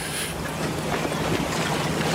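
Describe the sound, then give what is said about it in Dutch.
Steady rushing wind and waves around a small sailboat lying in a harbor on a windy day, with faint irregular knocks of rigging lines slapping against the mast mixed into the continuous noise. No one speaks. “En het klapperen van de lijnen in de mast.”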